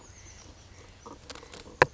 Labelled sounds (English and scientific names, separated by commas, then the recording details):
Oak Titmouse (Baeolophus inornatus)
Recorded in Sonoma County, California